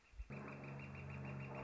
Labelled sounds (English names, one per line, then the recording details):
Northern Flicker
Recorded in Sonoma County, California